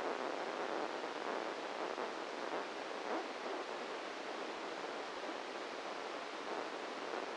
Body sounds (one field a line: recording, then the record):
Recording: brain microelectrode recording played as sound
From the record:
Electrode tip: inside the subthalamic nucleus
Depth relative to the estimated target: -1 mm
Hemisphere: right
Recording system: NeuroSet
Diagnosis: Parkinson's disease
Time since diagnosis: 7 years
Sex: male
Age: 44 years